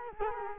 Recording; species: mosquito wingbeat signal from an infrared sensor; Culex quinquefasciatus